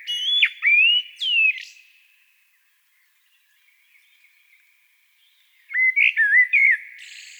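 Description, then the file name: Common blackbird singing two short phrases of clear fluted whistles that rise and fall, mixed with thin high notes, separated by several seconds of silence. "Turdus merula"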